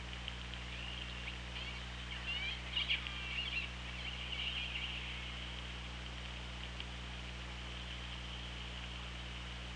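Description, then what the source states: Orca calls underwater, a short burst of wavering, squiggly whistles rising and falling over about two seconds, set against steady hydrophone hiss and low hum. Recorded underwater on an OrcaLab hydrophone, 24 August 2017 at 18:09:42.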